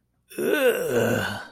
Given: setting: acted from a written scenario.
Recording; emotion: vocal sound without words; disgust